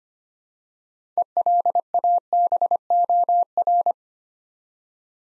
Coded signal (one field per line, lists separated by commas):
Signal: Morse code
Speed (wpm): 25 wpm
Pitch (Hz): 700 Hz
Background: none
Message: ELABOR